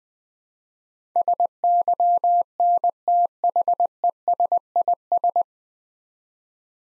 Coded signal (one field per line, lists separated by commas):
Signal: Morse code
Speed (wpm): 20 wpm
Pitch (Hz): 700 Hz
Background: none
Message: SYNTHESIS